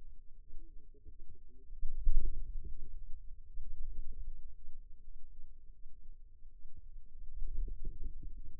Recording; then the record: forearm muscle sounds (acoustic myography)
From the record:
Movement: radial deviation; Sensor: system 2, bracelet of six BSWA MPA416 microphones around the upper forearm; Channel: 5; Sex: female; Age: 22 years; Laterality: right